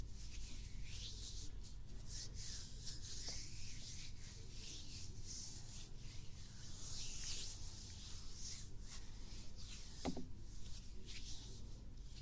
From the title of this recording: Ear brushing, Ear tapping, Finger Flutter, Ear cupping, Ear touching